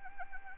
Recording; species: mosquito wingbeat signal from an infrared sensor; Anopheles arabiensis